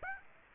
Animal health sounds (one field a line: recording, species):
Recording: mosquito wingbeat signal from an infrared sensor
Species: Aedes aegypti